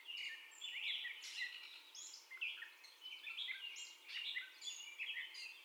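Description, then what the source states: Gray catbird song in short bursts of harsh, squeaky and whistled notes, varied and tumbling one after another. First song, recorded 30 May 2021.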